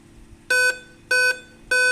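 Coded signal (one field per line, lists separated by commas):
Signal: beep code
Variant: Dell laptop BIOS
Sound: three short buzzy beeps about 0.2 s long, evenly spaced, clip ends mid-sequence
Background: quiet room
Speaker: ele fica bipando e não dá imagem 5 bips significa erro da bateria do sistema ou seja algum problema na semoz baterias remosos ou propriamente dito na Bios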